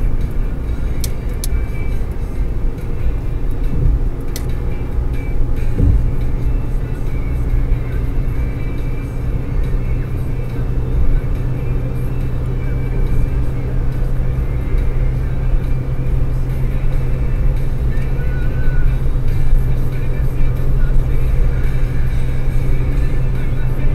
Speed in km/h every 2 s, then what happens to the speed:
117, 119, 121, 123, 125, 126, 128, 129, 130, 129, 129, 129.
0-24 speeds up to 129.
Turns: none.